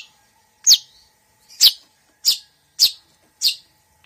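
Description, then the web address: Long-tailed Shrike giving five harsh, scratchy downslurred notes at irregular intervals over a faint hum. Female bird, described as gacor, singing vigorously. "cendet suara-cendet-betina-gacor"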